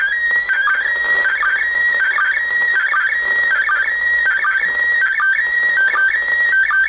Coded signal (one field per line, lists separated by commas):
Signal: SSTV (slow-scan television)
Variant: PD 180